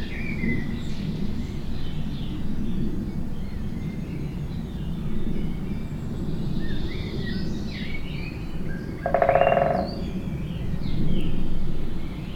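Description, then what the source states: Woodpecker drumming, one short rapid roll partway through, amid steady low rumbling noise with faint chirps of other birds. Binaural recording.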